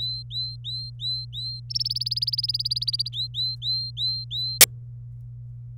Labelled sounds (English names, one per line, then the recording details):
Domestic Canary song
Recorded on 26 April 2018 at 15:17
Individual llb3